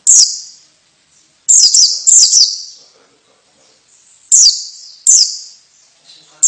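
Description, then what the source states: White-eye calls, bright high chirps, some in quick clusters of two or three, with short gaps between. Female bird.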